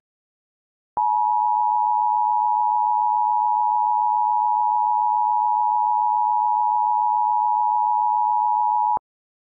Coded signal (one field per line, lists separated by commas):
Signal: Emergency Alert System (SAME) tones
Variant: 853 and 960 Hz attention tone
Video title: [EAS SCENARIO] - Poisoned Land